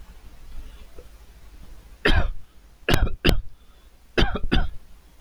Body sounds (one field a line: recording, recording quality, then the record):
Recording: heavy voluntary cough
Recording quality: moderate, slight background noise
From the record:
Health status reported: healthy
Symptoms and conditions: none ticked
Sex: male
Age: 28 years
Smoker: not ticked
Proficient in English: yes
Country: United States